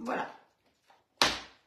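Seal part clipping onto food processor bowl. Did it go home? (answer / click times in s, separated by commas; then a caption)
yes / 1.2 s. Someone talks as the seal assembly of an All-Clad All Cook food processor bowl is lined up with its small triangle marks face to face. It then snaps in with a sharp click at 1.2 s. The part is seated and clipped properly, which lets the seal be cleaned well.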